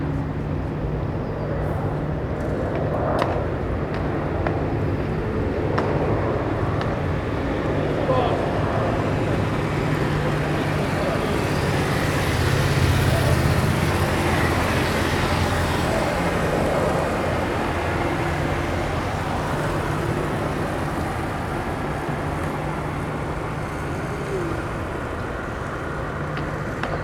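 A wide, damp parade ground at the front of a barracks, filled with a steady outdoor hum of passing vehicles and a low engine drone throughout. Faint voices and scattered clicks surface now and then, and the wash of traffic swells slightly around the middle.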